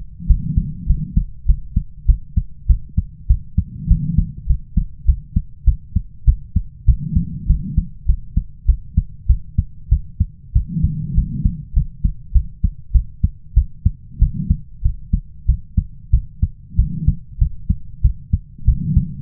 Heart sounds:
heart sounds by stethoscope; 98 bpm
0.27 s: heartbeat
0.87 s: heartbeat
1.46 s: heartbeat
2.06 s: heartbeat
2.67 s: heartbeat
3.27 s: heartbeat
3.88 s: heartbeat
4.47 s: heartbeat
5.05 s: heartbeat
5.65 s: heartbeat
6.25 s: heartbeat
6.85 s: heartbeat
7.47 s: heartbeat
8.06 s: heartbeat
8.66 s: heartbeat
9.27 s: heartbeat
9.89 s: heartbeat
10.53 s: heartbeat
11.15 s: heartbeat
11.74 s: heartbeat
12.32 s: heartbeat
12.92 s: heartbeat
13.54 s: heartbeat
14.19 s: heartbeat
14.82 s: heartbeat
15.46 s: heartbeat
16.11 s: heartbeat
16.76 s: heartbeat
17.38 s: heartbeat
18.02 s: heartbeat
18.65 s: heartbeat
From the record:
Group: healthy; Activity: cold pressor test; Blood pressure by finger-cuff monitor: 99/67 mmHg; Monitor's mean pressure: 79 mmHg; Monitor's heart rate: 97 bpm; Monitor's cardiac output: 8 L/min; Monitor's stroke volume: 82 mL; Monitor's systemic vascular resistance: 730 dyn s/cm5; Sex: female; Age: 22 years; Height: 157 cm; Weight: 47.6 kg

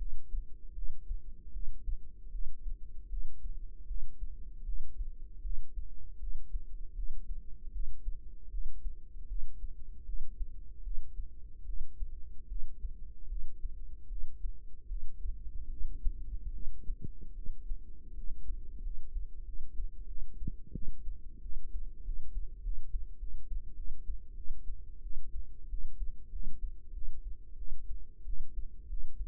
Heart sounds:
heart sounds by microphone in the right ear; 83 bpm
0.74 s: heartbeat
1.52 s: heartbeat
2.31 s: heartbeat
3.09 s: heartbeat
3.86 s: heartbeat
4.64 s: heartbeat
5.42 s: heartbeat
6.19 s: heartbeat
6.94 s: heartbeat
7.72 s: heartbeat
8.50 s: heartbeat
9.27 s: heartbeat
10.05 s: heartbeat
10.82 s: heartbeat
11.65 s: heartbeat
12.47 s: heartbeat
13.28 s: heartbeat
14.08 s: heartbeat
14.87 s: heartbeat
15.68 s: heartbeat
16.51 s: heartbeat
17.33 s: heartbeat
18.13 s: heartbeat
18.81 s: heartbeat
19.43 s: heartbeat
20.06 s: heartbeat
20.72 s: heartbeat
21.40 s: heartbeat
22.03 s: heartbeat
22.62 s: heartbeat
23.18 s: heartbeat
23.75 s: heartbeat
24.35 s: heartbeat
25.02 s: heartbeat
25.68 s: heartbeat
26.30 s: heartbeat
26.92 s: heartbeat
27.56 s: heartbeat
28.24 s: heartbeat
28.88 s: heartbeat
From the record:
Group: healthy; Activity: breath hold 0-8 s, rest 8-29 s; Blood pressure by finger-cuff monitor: 105/70 mmHg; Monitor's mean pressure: 81 mmHg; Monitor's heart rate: 78 bpm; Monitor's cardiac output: 6.3 L/min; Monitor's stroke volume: 81 mL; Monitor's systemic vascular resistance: 910 dyn s/cm5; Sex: female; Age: 19 years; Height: 163 cm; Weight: 48.9 kg

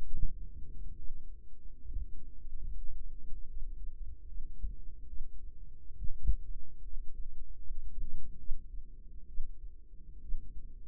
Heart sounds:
heart sounds by microphone in the right ear; 71 bpm
0.06 s: heartbeat
0.98 s: heartbeat
1.79 s: heartbeat
2.62 s: heartbeat
3.50 s: heartbeat
4.28 s: heartbeat
5.09 s: heartbeat
5.98 s: heartbeat
6.85 s: heartbeat
7.63 s: heartbeat
8.39 s: heartbeat
9.29 s: heartbeat
10.22 s: heartbeat
From the record:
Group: healthy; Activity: rest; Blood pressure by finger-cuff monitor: 93/57 mmHg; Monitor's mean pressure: 66 mmHg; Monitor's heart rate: 73 bpm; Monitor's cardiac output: 5.7 L/min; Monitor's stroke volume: 79 mL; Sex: female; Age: 36 years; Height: 163 cm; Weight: 88 kg

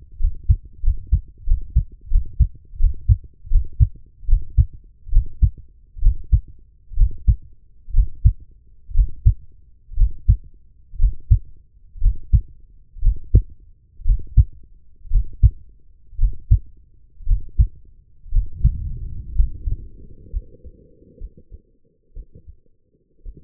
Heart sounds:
heart sounds by stethoscope; 65 bpm
0.19 s: heartbeat
0.82 s: heartbeat
1.46 s: heartbeat
2.10 s: heartbeat
2.79 s: heartbeat
3.50 s: heartbeat
4.27 s: heartbeat
5.11 s: heartbeat
6.01 s: heartbeat
6.96 s: heartbeat
7.93 s: heartbeat
8.94 s: heartbeat
9.96 s: heartbeat
10.98 s: heartbeat
12.01 s: heartbeat
13.01 s: heartbeat
14.04 s: heartbeat
15.10 s: heartbeat
16.18 s: heartbeat
17.26 s: heartbeat
18.31 s: heartbeat
19.34 s: heartbeat
20.30 s: heartbeat
21.18 s: heartbeat
22.13 s: heartbeat
23.22 s: heartbeat
From the record:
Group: healthy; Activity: breath hold 0-17 s, rest 17-23 s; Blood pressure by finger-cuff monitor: 122/79 mmHg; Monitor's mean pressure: 89 mmHg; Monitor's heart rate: 63 bpm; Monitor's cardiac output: 4.9 L/min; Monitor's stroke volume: 75 mL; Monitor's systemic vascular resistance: 1360 dyn s/cm5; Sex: female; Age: 23 years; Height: 160 cm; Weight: 50.4 kg

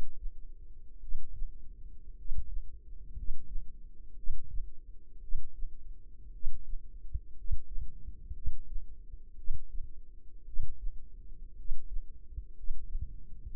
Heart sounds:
heart sounds by microphone in the left ear; 58 bpm
0.99 s: heartbeat
2.15 s: heartbeat
3.13 s: heartbeat
4.14 s: heartbeat
5.19 s: heartbeat
6.31 s: heartbeat
7.34 s: heartbeat
8.32 s: heartbeat
9.35 s: heartbeat
10.44 s: heartbeat
11.55 s: heartbeat
12.53 s: heartbeat
13.48 s: heartbeat
From the record:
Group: healthy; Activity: rest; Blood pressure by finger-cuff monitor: 103/50 mmHg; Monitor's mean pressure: 64 mmHg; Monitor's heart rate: 57 bpm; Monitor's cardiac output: 5.2 L/min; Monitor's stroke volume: 91 mL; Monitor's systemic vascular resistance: 860 dyn s/cm5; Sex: male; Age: 25 years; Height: 170 cm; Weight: 70.4 kg

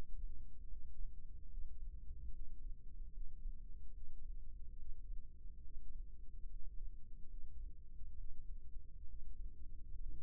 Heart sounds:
heart sounds by microphone in the left ear; 71 bpm
0.69 s: heartbeat
1.50 s: heartbeat
2.33 s: heartbeat
3.14 s: heartbeat
3.94 s: heartbeat
4.78 s: heartbeat
5.63 s: heartbeat
6.49 s: heartbeat
7.30 s: heartbeat
8.17 s: heartbeat
9.07 s: heartbeat
9.99 s: heartbeat
From the record:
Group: healthy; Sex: male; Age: 22 years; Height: 181 cm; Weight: 79 kg

